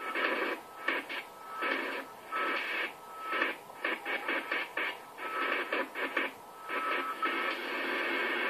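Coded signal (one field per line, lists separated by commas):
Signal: unidentified radio signal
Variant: AMIS smart meter powerline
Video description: AMIS Signal der Energie-AG Oberösterreich im Langwellenbereich stören unter anderem den DCF-77 Zeitzeichenempfang sehr stark!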